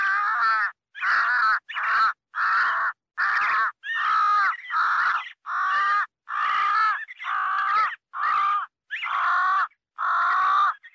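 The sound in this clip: Crow cawing, harsh nasal caws repeated about once a second in a steady series of roughly a dozen calls, with short gaps between them.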